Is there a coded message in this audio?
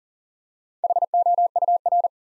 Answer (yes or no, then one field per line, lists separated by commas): yes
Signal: Morse code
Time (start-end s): 0.8-2.1 s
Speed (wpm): 41 wpm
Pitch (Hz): 700 Hz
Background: none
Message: HOUR